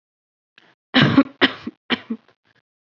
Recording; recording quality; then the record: shallow voluntary cough; excellent, no background noise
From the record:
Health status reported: COVID-19 positive, no symptoms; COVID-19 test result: positive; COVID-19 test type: RT-PCR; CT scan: not taken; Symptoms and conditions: none ticked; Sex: female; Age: 25 years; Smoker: no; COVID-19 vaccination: both doses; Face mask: not worn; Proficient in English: yes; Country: India